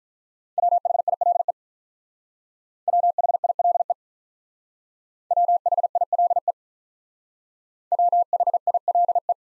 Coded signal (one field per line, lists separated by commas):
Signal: Morse code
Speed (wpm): 44 wpm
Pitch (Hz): 700 Hz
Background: none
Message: WHILE WHILE WHILE WHILE